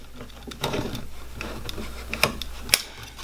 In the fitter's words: and snaps right in place and what's good about the way this is designed